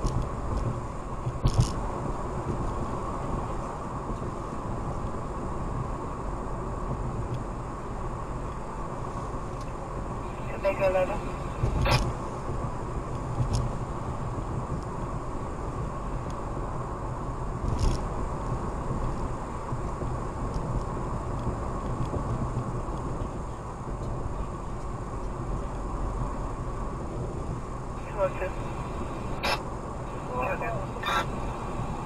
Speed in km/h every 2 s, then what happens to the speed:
76, 76, 74, 76, 76, 76, 72, 72, 71, 74, 72, 69, 69, 71, 71, 68.
0-32 slows to 68.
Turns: none.